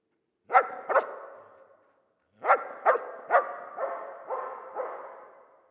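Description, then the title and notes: Dog barks twice, pauses, then lets out a series of six barks that gradually weaken. Old dog trapped in the pool basin of the decaying Palais El Glaoui courtyard, Fès, Morocco; full sun, circling, rising on hind legs to bark at visitors; recorded with Zoom F3 and ORTF microphone. "Fès, Fès-Meknès, Maroc - le chien du palais El Glaoui. Dans la cour du palais (en décrépitude avancée), un vieux chien est "prisonnier" dans le bassin/piscine. Il se dresse sur ses pattes arrières pour entrevoir quelques secondes ce qui se passe dans la cour et "invective" les visiteurs de ses aboiements. JF CAVRO"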